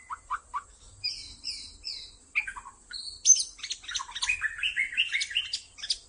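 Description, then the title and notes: White-rumped shama song: short clear whistled notes, then high slurred whistles followed by a dense, tumbling stream of varied chirps and trills. Lure (pikat) recording used to attract White-rumped shamas. "MB Pikat Jitu.. Suara Mantap. murai batu"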